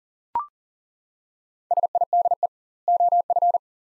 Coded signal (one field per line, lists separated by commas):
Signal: Morse code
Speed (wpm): 39 wpm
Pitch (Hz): 700 Hz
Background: none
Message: SIDE OF